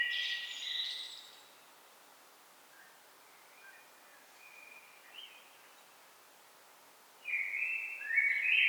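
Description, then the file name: Common blackbird gives a short fluted phrase, then only faint, scattered high notes over quiet background hiss, before a louder warbled phrase returns near the end. "Turdus merula"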